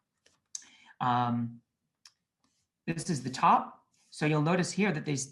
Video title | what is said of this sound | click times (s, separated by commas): Compact 10 HD - Main Functions | either or it just clicks right in super easy easy peasy so that's a nice feature that they did there | 0.5 s